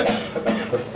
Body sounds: coughing mixed with background sound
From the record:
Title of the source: Cough Around the Clock!

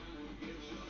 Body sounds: background sound without coughing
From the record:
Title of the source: BackgroundMusic

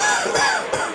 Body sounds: coughing mixed with background sound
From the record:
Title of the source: Spring Cold Coughing 2

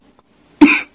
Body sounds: coughing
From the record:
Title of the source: 64 coughing, allergies, singing lungs

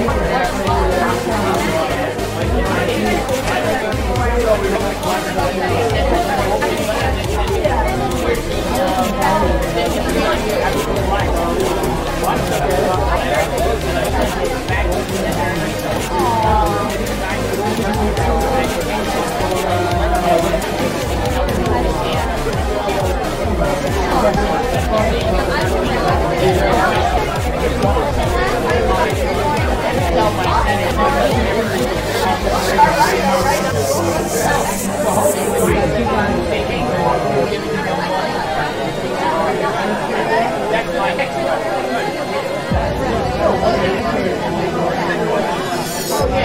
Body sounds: background sound without coughing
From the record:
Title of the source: Nightlife Party Simulating Party Club Noise 1 Hour

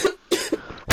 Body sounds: coughing mixed with background sound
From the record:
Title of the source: 55 gaggy wet cough

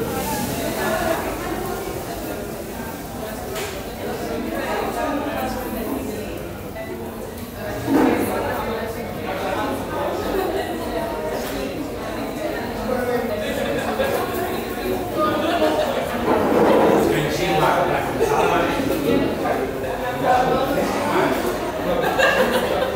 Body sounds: background sound without coughing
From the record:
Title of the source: 40 min - Ambience sounds UNIVERSITY lunchroom chatting

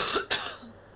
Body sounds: coughing mixed with background sound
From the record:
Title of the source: November cold (wet coughing)

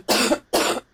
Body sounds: coughing mixed with background sound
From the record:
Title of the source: 61 morning phlegmy cough...again

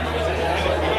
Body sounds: background sound without coughing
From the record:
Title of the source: CITY SOUNDS Busy Bar in the Evening Night - 2 HOURS of Ambiance for Relaxation

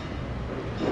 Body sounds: background sound without coughing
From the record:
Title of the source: 30 MINUTES Construction Site Ambience (CC BY 4.0)

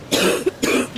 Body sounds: coughing mixed with background sound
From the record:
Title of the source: 60 coughing still (deep and wet cough)

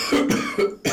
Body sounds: coughing mixed with background sound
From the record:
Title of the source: Spring Cold Coughing 3

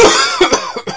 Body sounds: coughing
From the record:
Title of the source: Dry Coughing Fit in the Afternoon.

